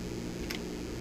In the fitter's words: Large live fire. Clicks back in there nice and secure.